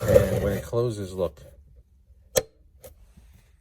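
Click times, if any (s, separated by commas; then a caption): 2.4 s. Someone talks, then the plastic lid of a modified sunglass holder in a Tesla Model Y console, with its bottom edge cut off, is closed and snaps shut with a sharp click at 2.4 s, followed by a fainter tap at 2.8 s. The lid locks into place, held by its magnet catch.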